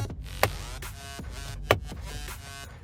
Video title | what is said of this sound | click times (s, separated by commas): How to change your dirty 2018 - 2024 VW Atlas in CABIN Air filter | three clicks | 0.4 s, 1.7 s